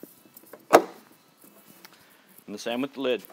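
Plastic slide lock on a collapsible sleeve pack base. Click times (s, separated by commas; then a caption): 0.7 s. Someone reaches underneath a collapsible plastic sleeve pack and pushes the plastic slide locks on its base into their locked position. A sharp, loud pop at 0.8 s marks the lock seating into place, followed by quieter handling taps. Someone then talks.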